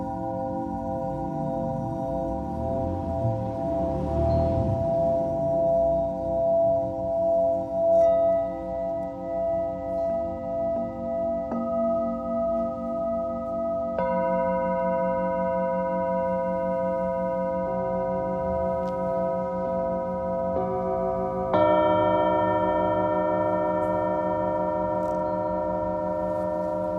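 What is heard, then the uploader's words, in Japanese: Singing bowls for sound healing ring in long, sustained overlapping tones with a slow wavering pulse. New strikes add fresh ringing layers at about 8, 14, 18 and 21 seconds, each starting slightly brighter. A low rumbling swirl rises around the fourth to fifth second. メキシコから シンギングボウルのサウンドヒーリング ライブ。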